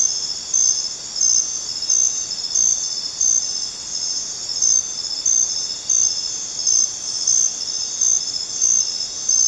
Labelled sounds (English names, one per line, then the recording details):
none
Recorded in dense forest near Puerto Asís, Putumayo, Colombia, on 29 June 2025 at 23:00
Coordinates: 0.484, -76.317
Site G045